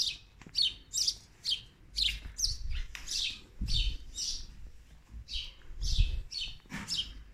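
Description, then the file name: Birds chirping: quick high downslurred chirps repeated in a steady series over low background rumble. Birds at a window. "Souleh Field Recording - birds at the window"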